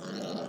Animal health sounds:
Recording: pig call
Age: piglet (1 to 25 days)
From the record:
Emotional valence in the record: negative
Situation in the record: long isolation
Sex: female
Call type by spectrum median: low-frequency call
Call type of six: low-frequency modulated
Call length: 0.49 s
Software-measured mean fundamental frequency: 64 Hz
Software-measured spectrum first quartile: 340 Hz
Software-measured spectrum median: 658 Hz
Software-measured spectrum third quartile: 2338 Hz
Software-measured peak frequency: 208 Hz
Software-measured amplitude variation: 101 dB a second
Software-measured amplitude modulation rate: 24.6 a second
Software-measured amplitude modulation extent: 4.1 dB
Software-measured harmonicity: 2.8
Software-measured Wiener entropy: -2.14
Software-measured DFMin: 1272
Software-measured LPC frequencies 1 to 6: 524, 1408, 2974, 4251, 5590, 6645 Hz

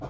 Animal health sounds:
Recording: pig call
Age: growing-finishing pig (85 days or more)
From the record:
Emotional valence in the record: positive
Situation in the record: run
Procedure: transit

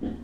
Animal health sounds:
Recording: pig call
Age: growing-finishing pig (85 days or more)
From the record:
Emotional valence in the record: negative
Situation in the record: barren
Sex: female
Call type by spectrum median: low-frequency call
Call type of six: low-frequency stable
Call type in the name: low-frequency stable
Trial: 1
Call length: 0.24 s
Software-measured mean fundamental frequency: 61 Hz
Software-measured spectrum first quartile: 157 Hz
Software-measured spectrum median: 250 Hz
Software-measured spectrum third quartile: 342 Hz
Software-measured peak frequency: 247 Hz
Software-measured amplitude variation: 165 dB a second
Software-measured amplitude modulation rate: 21.2 a second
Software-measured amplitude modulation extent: 7.8 dB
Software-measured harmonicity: 3.9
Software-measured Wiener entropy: -0.11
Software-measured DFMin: 961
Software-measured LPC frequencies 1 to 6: 302, 1781, 3194, 5565, 6625, 7561 Hz

